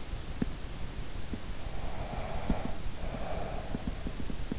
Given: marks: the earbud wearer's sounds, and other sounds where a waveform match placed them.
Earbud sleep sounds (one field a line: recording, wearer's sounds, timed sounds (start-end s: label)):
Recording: sounds in sleep by an in-ear microphone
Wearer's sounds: breath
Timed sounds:
1.79-3.76 s: breath